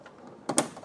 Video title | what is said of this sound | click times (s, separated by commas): Ford Focus XR5/ST225/RS mk2 Fuel pump replacement. Step by step by OEM Denied Performance | You hear it click. | 0.6 s